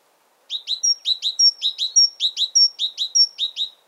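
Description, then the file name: Great tit repeating a high phrase of sharp dropping notes and a thin whistle many times in quick, regular succession. "Parus major"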